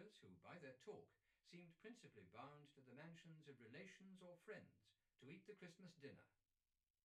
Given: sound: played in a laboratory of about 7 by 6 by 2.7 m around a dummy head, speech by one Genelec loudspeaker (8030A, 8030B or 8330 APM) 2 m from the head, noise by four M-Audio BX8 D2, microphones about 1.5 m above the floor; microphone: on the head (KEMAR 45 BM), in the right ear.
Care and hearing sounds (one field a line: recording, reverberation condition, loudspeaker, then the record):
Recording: male speech in English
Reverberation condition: low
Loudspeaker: 150 degrees to the left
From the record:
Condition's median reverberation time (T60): about 310 ms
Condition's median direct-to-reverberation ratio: about 3.5 dB